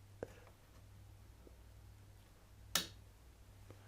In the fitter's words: I'm going to shut up so that you can hear the click.